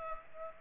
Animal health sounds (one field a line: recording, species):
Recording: mosquito wingbeat signal from an infrared sensor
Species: Culex pipiens